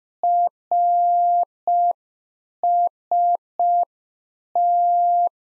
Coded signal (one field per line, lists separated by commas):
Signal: Morse code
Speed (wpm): 5 wpm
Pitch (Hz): 700 Hz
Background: none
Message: RST